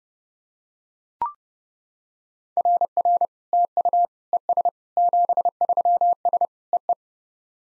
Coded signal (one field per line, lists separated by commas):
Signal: Morse code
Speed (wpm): 30 wpm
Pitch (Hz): 700 Hz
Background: none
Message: RR TU ES 73S EE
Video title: SOTA QSO Practice 30wpm